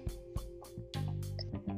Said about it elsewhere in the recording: I have breathing palpitations. So now I do that sound like in the worst possible time. But no, that's not a laugh.